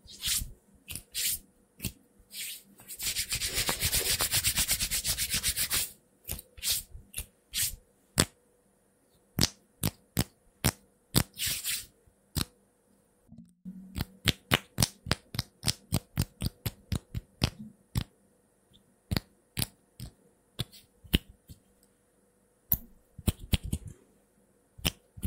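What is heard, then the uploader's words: Quick, irregular hand sounds: sharp slaps and taps come in uneven bursts, with a dense rubbing rush around three to six seconds. ASMR Fast & unpredictable hand sounds hand movements (No Talking).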